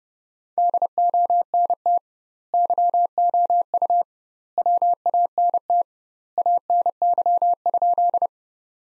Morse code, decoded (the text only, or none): DONT YOU WANT ANY?